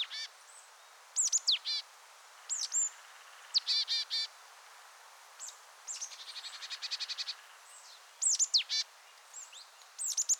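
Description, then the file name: Marsh tit calls: sharp, high downslurred notes in quick pairs and clusters, and a run of rapid buzzy notes near the seventh second. "Poecile palustris"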